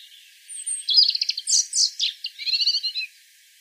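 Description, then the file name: European robin song burst of high, thin notes: a whistle, a stuttering series of clicks and warbles, then a rapid trill. "Erithacus rubecula"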